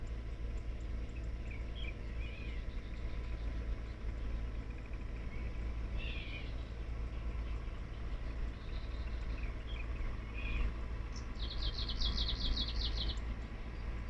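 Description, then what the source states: Kamchatka leaf warbler song, a brief rapid series of high, rhythmic buzzy notes near the end, with scattered soft chirps of other birds and constant deep background rumble. Recorded 2019-05-24.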